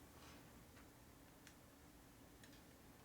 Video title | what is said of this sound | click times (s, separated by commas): #161 1988 fxr alternator clutch primary repair cam change ignition gearing fxrs harley tatro machine | all the way until it clips did it click no keep going nope probably | none